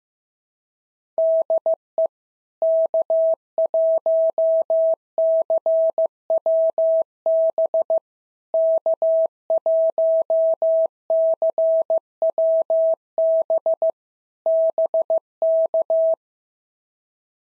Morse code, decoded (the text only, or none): DE K1CWB K1CWB BK